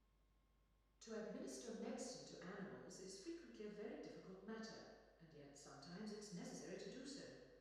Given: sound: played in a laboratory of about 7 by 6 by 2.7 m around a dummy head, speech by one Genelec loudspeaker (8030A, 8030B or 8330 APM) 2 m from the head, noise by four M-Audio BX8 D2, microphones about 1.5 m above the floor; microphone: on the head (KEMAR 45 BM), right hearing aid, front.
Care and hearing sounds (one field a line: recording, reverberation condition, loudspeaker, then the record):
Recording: female speech in English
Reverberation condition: high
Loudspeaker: 30 degrees to the left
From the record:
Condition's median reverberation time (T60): about 1300 ms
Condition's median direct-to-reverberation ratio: about -4.0 dB